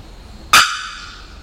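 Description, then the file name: Bearded bellbird producing a single loud, percussive bock that rings on briefly as it decays. 27 October 2001. "2001-10-27 Bearded Bellbird"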